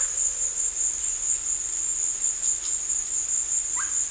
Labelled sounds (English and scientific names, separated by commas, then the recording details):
none
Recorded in dense forest near Puerto Asís, Putumayo, Colombia, on 20 December 2024 at 15:00
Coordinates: 0.485, -76.318
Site GP03